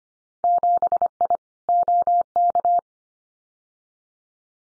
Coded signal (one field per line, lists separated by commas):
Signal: Morse code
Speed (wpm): 25 wpm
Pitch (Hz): 700 Hz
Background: none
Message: 7I OK